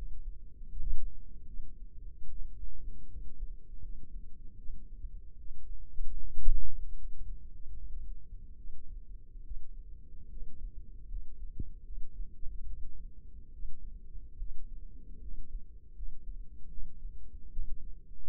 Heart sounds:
heart sounds by microphone in the left ear; 75 bpm
0.68 s: heartbeat
1.47 s: heartbeat
2.29 s: heartbeat
3.08 s: heartbeat
3.81 s: heartbeat
4.57 s: heartbeat
5.38 s: heartbeat
6.20 s: heartbeat
6.96 s: heartbeat
7.74 s: heartbeat
8.57 s: heartbeat
9.44 s: heartbeat
10.29 s: heartbeat
11.07 s: heartbeat
11.84 s: heartbeat
12.66 s: heartbeat
13.52 s: heartbeat
14.38 s: heartbeat
15.20 s: heartbeat
15.94 s: heartbeat
16.69 s: heartbeat
17.51 s: heartbeat
From the record:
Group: healthy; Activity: rest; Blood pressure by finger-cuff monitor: 120/65 mmHg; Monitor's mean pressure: 80 mmHg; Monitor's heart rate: 74 bpm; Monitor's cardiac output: 6.7 L/min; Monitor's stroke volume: 90 mL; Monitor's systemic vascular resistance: 870 dyn s/cm5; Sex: female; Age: 22 years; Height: 160 cm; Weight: 63 kg

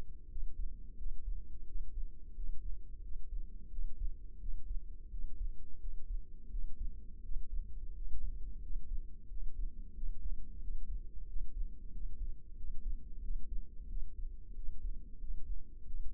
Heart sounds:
heart sounds by microphone in the left ear; 89 bpm
0.31 s: heartbeat
0.99 s: heartbeat
1.68 s: heartbeat
2.37 s: heartbeat
3.04 s: heartbeat
3.72 s: heartbeat
4.41 s: heartbeat
5.12 s: heartbeat
5.82 s: heartbeat
6.52 s: heartbeat
7.24 s: heartbeat
7.95 s: heartbeat
8.63 s: heartbeat
9.30 s: heartbeat
9.96 s: heartbeat
10.63 s: heartbeat
11.28 s: heartbeat
11.93 s: heartbeat
12.58 s: heartbeat
13.23 s: heartbeat
13.90 s: heartbeat
14.56 s: heartbeat
15.21 s: heartbeat
15.87 s: heartbeat
From the record:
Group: healthy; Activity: rest 0-15 s, breath hold 15-16 s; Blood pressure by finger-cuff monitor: 140/89 mmHg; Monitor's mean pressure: 107 mmHg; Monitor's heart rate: 88 bpm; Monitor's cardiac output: 7.2 L/min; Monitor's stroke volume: 82 mL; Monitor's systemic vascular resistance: 1090 dyn s/cm5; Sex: male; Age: 21 years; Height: 175 cm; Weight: 72.6 kg

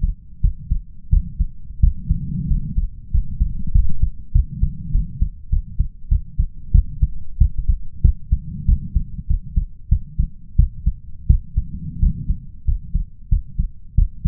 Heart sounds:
heart sounds by stethoscope; 93 bpm
0.40 s: heartbeat
1.09 s: heartbeat
1.80 s: heartbeat
2.47 s: heartbeat
3.10 s: heartbeat
3.71 s: heartbeat
4.32 s: heartbeat
4.91 s: heartbeat
5.49 s: heartbeat
6.08 s: heartbeat
6.71 s: heartbeat
7.38 s: heartbeat
8.01 s: heartbeat
8.65 s: heartbeat
9.27 s: heartbeat
9.88 s: heartbeat
10.56 s: heartbeat
11.27 s: heartbeat
11.99 s: heartbeat
12.64 s: heartbeat
13.28 s: heartbeat
13.94 s: heartbeat
From the record:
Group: healthy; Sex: male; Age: 21 years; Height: 180 cm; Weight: 67.5 kg

